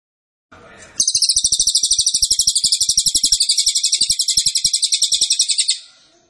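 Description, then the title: Cililin song: a long, high, pulsing trill of fast repeated notes, steady in pitch and loudness, fading out after about five seconds. Training (masteran) recording meant for teaching songbirds. "Cililin AMPUH. Masteran Burung cililin"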